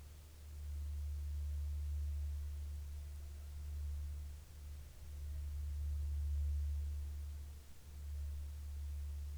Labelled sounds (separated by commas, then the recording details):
aircraft
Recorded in the Arctic National Wildlife Refuge, Alaska, on 30 July 2019 at 12:37
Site 41